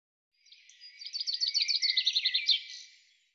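Bird song: a rapid run of high, sharp notes, swelling in loudness then fading; otherwise quiet.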